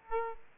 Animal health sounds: mosquito wingbeat signal from an infrared sensor; Aedes aegypti

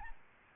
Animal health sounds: mosquito wingbeat signal from an infrared sensor; Aedes albopictus

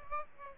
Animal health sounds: mosquito wingbeat signal from an infrared sensor; Aedes aegypti

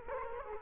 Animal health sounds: mosquito wingbeat signal from an infrared sensor; Culex quinquefasciatus

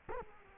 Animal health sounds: mosquito wingbeat signal from an infrared sensor; Culex quinquefasciatus

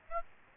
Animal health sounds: mosquito wingbeat signal from an infrared sensor; Aedes aegypti

